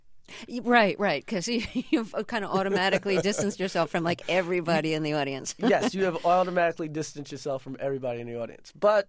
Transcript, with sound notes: Right, right because you've kind of automatically distances yourself from, like, everybody in the audience.
(LAUGHTER)
Yes, you have automatically distanced yourself from everybody in the audience.